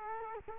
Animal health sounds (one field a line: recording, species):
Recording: mosquito wingbeat signal from an infrared sensor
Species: Culex quinquefasciatus